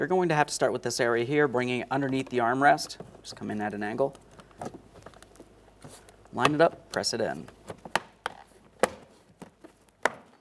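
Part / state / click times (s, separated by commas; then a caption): switch panel trim clips into door armrest / seated / 8.0 s, 8.3 s, 8.8 s, 10.1 s. Someone talks while lining up the plastic power mirror switch panel of a 2012-2015 Honda Civic under the door armrest, coming in at an angle, then pressing it in. Its retaining clips snap into the door trim with sharp snaps at 8.0, 8.3, 8.8 and 10.1 seconds, seating the panel.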